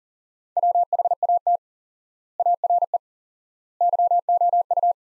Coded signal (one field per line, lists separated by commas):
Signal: Morse code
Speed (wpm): 40 wpm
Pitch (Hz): 700 Hz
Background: none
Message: WHAT ARE YOU